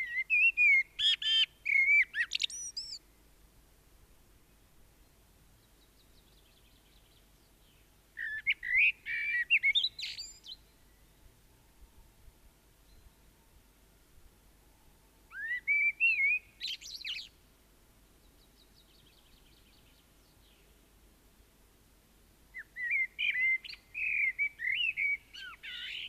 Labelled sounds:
Common Blackbird (Turdus merula) song

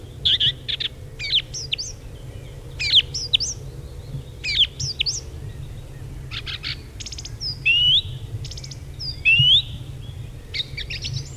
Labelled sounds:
Song Thrush (Turdus philomelos) song

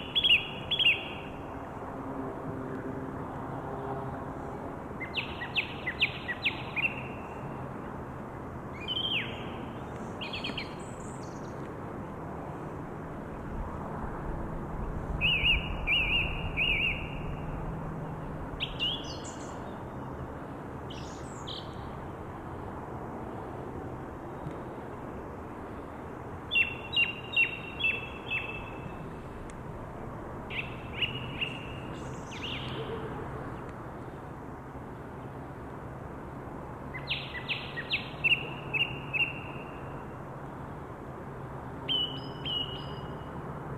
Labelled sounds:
Song Thrush (Turdus philomelos) song

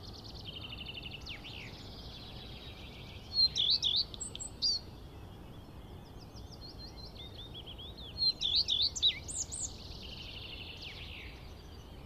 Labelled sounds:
Common Redstart (Phoenicurus phoenicurus) song

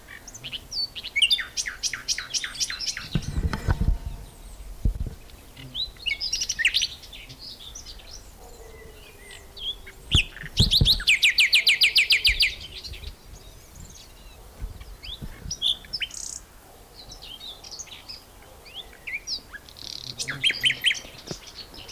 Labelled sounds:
Common Whitethroat (Sylvia communis) song

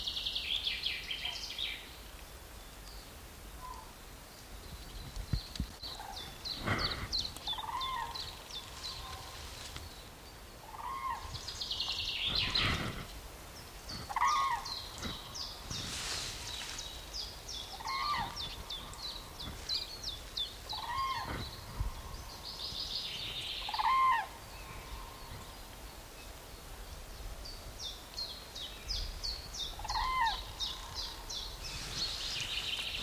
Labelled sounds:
Common Chaffinch (Fringilla coelebs) song

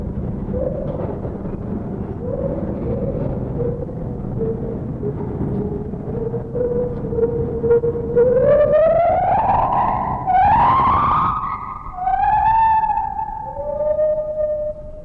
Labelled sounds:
Lar Gibbon (Hylobates lar)

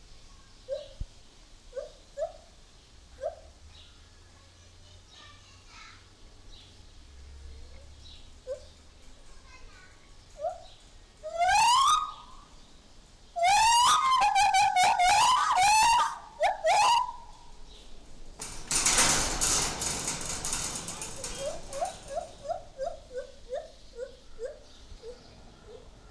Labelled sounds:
Lar Gibbon (Hylobates lar)

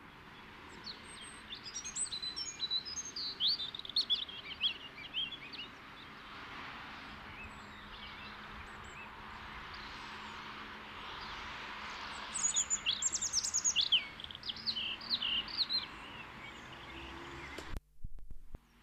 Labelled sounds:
European Robin (Erithacus rubecula) song

